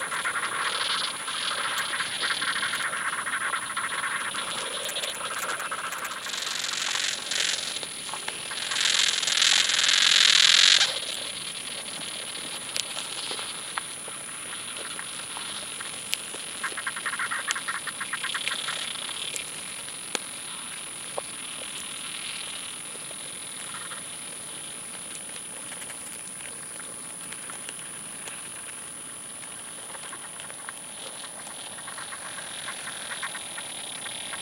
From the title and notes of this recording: A sound mosaic composed of field recordings made at Badbury Rings, Dorset, UK, during the summer of 2023.